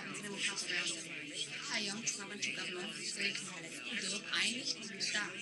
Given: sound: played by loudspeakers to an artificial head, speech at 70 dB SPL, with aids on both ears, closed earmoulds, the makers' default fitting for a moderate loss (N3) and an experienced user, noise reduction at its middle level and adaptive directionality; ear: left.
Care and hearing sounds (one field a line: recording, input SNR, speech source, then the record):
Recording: speech test signal (ISTS) in cocktail-party noise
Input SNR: 0 dB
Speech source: on the right (90 degrees)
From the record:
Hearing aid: class 1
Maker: J